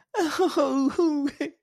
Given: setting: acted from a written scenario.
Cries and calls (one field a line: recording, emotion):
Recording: vocal sound without words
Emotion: adoration